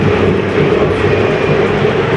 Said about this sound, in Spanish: Preciosa la estampa, los 4.000 aficionados del Elche coreando, vitoreando a los 11 jugadores. ¡Escuchamos!